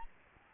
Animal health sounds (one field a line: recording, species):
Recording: mosquito wingbeat signal from an infrared sensor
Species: Aedes albopictus